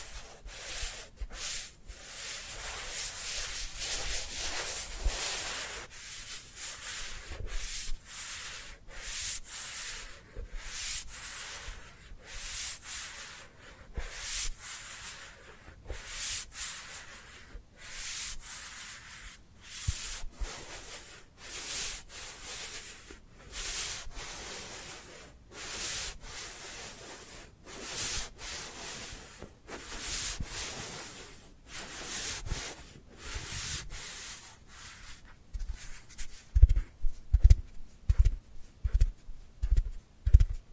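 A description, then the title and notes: Dry hands rub together in repeated short strokes, each a bright, papery hiss that starts and stops every second or so. The rubbing stays fairly even for most of the clip, then near the end it turns more forceful, adding low thumps between strokes. Dry Dry Hand Sounds. (No Talking).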